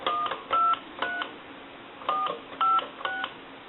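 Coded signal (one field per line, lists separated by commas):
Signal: DTMF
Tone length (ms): 180 ms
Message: 123 456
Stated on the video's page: DTMF tones from a British Telecom desk telephone during checkout and repair conversion.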